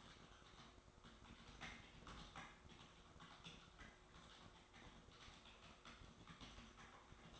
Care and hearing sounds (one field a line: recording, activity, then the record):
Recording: daily activity, microphone in the room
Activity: typing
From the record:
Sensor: 3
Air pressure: 1004.4 hPa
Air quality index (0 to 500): 196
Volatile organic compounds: 14 ppm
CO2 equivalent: 2455 ppm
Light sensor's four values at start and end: 6/16/6/6 and 6/16/5/6